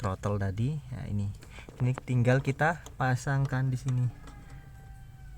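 Someone talks while handling the factory plastic throttle-pedal wiring connector, about to push it into the harness plug of a 9 Drive F2 piggyback throttle controller on an old Honda Mobilio. The speech stops around 4.1 s, leaving quiet background hum to the end. Nothing has seated or clicked yet.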